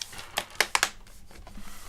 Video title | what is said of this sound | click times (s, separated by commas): The 2-in-1 review part 3/3 Teardown and conclusion #HowToTuesday | just kind of apply pressure around the outer edges. You'll hear everything kind of click into place. | 0.6 s, 0.8 s